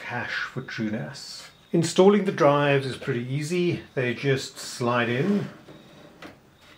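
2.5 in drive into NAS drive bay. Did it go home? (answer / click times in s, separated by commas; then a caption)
yes / 6.2 s. A 2.5 in drive is slid into a hot-swap drive bay of a DIY NAS chassis while someone talks. A short click sounds at 6.2 s as the drive seats into place with a detent.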